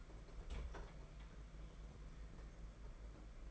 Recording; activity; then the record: daily activity, microphone in the room; open fridge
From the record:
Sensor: 5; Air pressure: 992.0 hPa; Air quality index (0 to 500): 200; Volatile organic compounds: 1000 ppm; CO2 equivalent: 5765 ppm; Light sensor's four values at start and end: 29/102/37/39 and 29/99/37/39